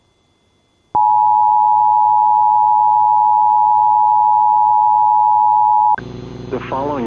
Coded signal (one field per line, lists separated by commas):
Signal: Emergency Alert System (SAME) tones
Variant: 853 and 960 Hz attention tone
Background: speech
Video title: Another Texas Amber Alert (EAS #759)